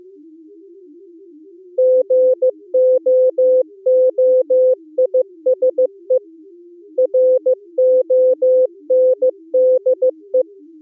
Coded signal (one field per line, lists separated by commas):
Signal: Morse code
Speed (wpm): 24 wpm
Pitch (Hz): 500 Hz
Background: music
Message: GOOISE RONDE